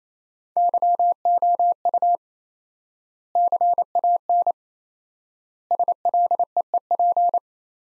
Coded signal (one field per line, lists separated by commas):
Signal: Morse code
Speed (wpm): 28 wpm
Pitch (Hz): 700 Hz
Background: none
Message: YOU CAN SLEEP